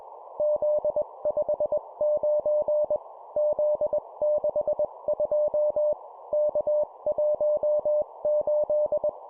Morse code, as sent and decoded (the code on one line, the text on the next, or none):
--.. ..... ----. / --.. -.... ..--- / -.- .---- ---..
Z59 Z62 K18